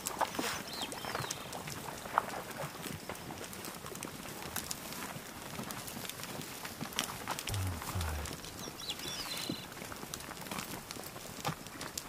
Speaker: And now we turn to the sound of a caribou herd.